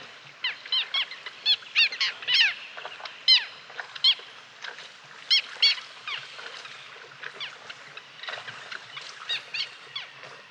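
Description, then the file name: Little gull calls, short nasal harmonic notes from several birds overlapping in irregular bursts, some rising and falling, over a faint steady background hiss. "dvargmas"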